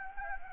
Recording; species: mosquito wingbeat signal from an infrared sensor; Anopheles gambiae